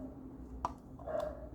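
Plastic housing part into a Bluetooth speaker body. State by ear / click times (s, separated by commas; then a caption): seated / 0.6 s. A plastic housing piece is pressed back into its keyed slot on a Bluetooth speaker body while it is being reassembled after a battery swap. A sharp click at 0.6 s shows the part snapping into place, followed by a quieter tap and some rustling handling noise. The housing part is seated and fits exactly right.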